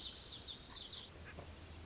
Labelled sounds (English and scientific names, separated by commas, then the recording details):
Lazuli Bunting (Passerina amoena)
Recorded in Sonoma County, California